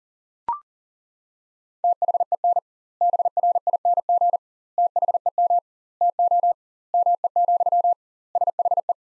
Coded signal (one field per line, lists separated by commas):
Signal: Morse code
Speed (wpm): 40 wpm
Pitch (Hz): 700 Hz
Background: none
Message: THEN BRING THEM TO ME, SHE